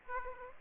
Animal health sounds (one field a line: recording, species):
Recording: mosquito wingbeat signal from an infrared sensor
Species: Aedes aegypti